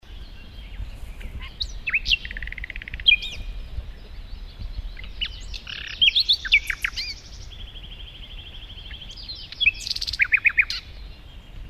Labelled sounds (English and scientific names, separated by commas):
Common Nightingale (Luscinia megarhynchos) song